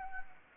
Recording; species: mosquito wingbeat signal from an infrared sensor; Anopheles gambiae